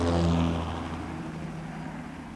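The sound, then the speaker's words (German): A helicopter from Kennedy Airport settling down to land on a skyscraper roof in Manhattan in the evening, its engine a loud, low droning hum with steady tonal layers that slowly winds down and fades over a couple of seconds. “Er nahm vom Kennedy Airport den Hubschrauber, der ihn nach einer großen Schleife über das abendlich glänzende Manhattan hinweg auf dem Dach eines Wolkenkratzers absetzte.”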